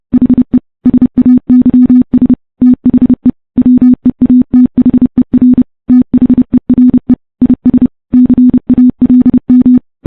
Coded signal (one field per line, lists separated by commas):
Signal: Morse code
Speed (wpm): 30 wpm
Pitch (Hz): 250 Hz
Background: none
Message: HE SAYS THE WEATHER THERE IS CALM